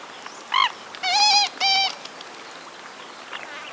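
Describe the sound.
Jacana uttering one short harsh buzz, then two longer, steady, squealing nasal notes, and another call beginning at the end.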